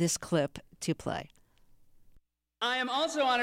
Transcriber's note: soundbite of white house correspondents dinner